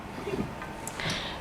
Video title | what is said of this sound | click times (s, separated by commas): Outdoor PoE Switch + Wireless Bridge = Farm Surveillance Made Easy | And we can hear the sound clicking. | 0.9 s